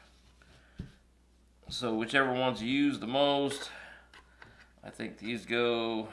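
A plastic inflator nozzle fitting is handled near its storage slot on the body of a LIVOWALNY cordless tire inflator air compressor for a Dewalt 20V Max battery, while someone talks. A few faint taps and knocks are heard at about 0.4 s, 4.1 s and 4.4 s. The fitting has not clipped into the slot yet, and nothing has seated by the end of the clip.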